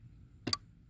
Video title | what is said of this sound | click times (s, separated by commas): How to replace the seat position sensor on a 2017 ford fusion | until it clicks and you're all set | 0.5 s